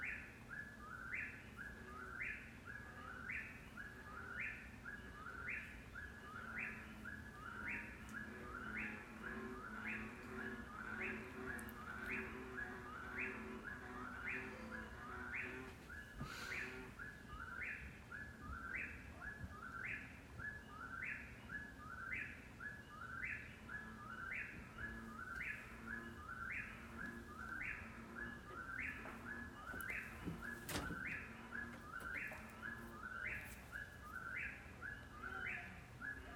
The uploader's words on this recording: Whippoorwill and bullfrogs, St-Pierre-de-Wakefield, Quebec, Canada. By Laura Nerenberg.